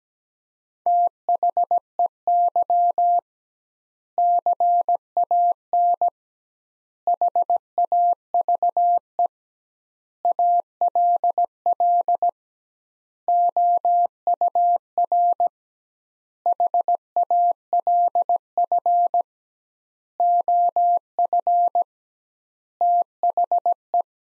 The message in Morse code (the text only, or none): THEY CAN HAVE ALL OUR HALF OF THE